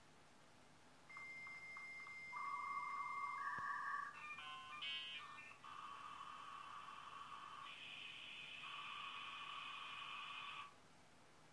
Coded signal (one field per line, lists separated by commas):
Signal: dial-up modem handshake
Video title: [RAW] Initiating Modem Multiplayer in Wacky Wheels